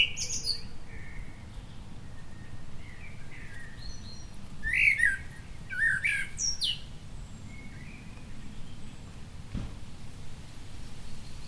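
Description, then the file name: Common blackbird uttering scattered sharp chirping notes, loudest around five and six seconds, fainter high notes elsewhere, over low background rumble. "Turdus merula"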